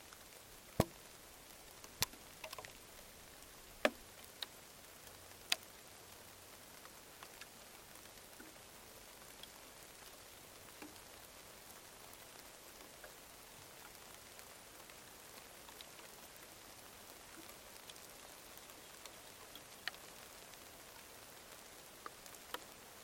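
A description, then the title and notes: Rain falls on the branches of a dead mopane tree in the Namib desert, a soft, steady patter with a faint low rumble underneath. Sharper drops strike now and then, loudest in the first six seconds and again near twenty seconds. Rain falling on the branches of a dead mopane tree in the Namib desert. Recorded with Sony PCM D10 and a pair of Lom mikroUsi microphones taped to the dry branches.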